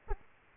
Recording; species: mosquito wingbeat signal from an infrared sensor; Aedes aegypti